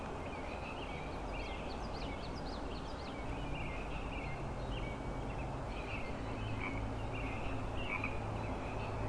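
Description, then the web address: Frog chorus of many short trilled and chirping calls overlapping continuously, with a steady low rumble underneath. Frog chorus at Grafton Lake, recorded 3 May 2009. "The Frog Chorus Tunes Up On Grafton Lake frogs 090503"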